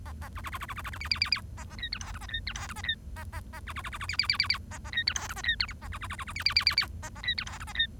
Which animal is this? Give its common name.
Bengalese Finch